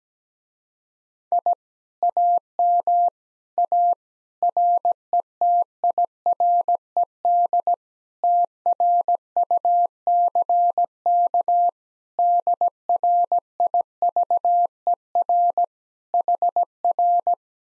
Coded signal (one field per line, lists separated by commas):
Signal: Morse code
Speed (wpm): 17 wpm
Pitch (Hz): 700 Hz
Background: none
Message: I AM A RETIRED TRUCK DRIVER HR